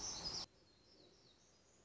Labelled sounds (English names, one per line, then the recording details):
Black-throated Gray Warbler
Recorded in Sonoma County, California